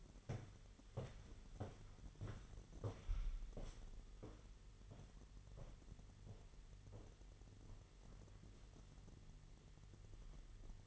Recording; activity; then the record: daily activity, microphone in the room; walk to room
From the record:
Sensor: 4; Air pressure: 989.0 hPa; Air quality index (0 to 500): 206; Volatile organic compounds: 53 ppm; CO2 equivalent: 3331 ppm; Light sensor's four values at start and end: 29/97/36/38 and 29/98/36/38